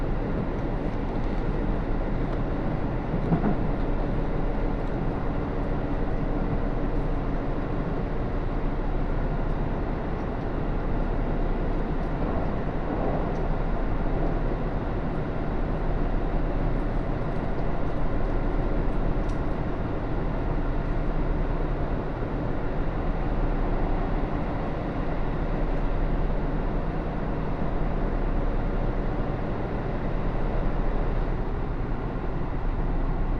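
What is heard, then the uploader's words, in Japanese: A local train on the Takayama Line runs with a steady, dense low rumble and constant rolling noise, barely changing throughout. 高山本線普通 上呂→下油井。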